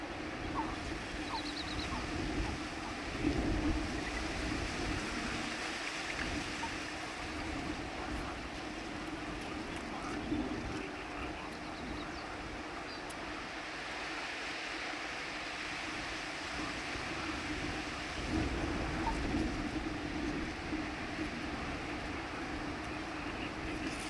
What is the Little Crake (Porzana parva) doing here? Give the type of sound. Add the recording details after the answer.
song. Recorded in the wild. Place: Breitenbrunn, AT. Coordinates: 47.9472, 16.7228. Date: 1972-05-10. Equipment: Uher Report 4200, AKG D190C in Doppel-Parabolreflektor. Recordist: Krey, Winfried